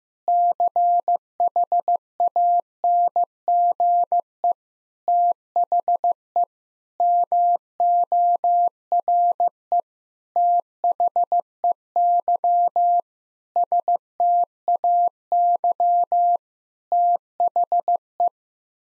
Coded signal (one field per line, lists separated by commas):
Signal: Morse code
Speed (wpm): 15 wpm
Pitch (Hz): 700 Hz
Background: none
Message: CHANGE THE MORE THEY STAY THE